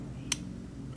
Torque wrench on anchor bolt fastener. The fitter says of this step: You can hear a click sound when you hit the designated torque level.